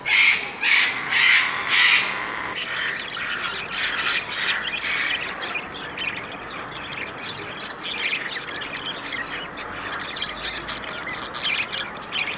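Bird squawks, harsh and rasping, repeated several times in the first seconds, then fading into a steady noisy hiss with scattered rough calls.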